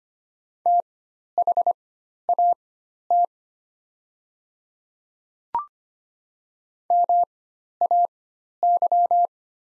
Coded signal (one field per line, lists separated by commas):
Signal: Morse code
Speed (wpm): 25 wpm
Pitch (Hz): 700 Hz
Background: none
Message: THAT MAY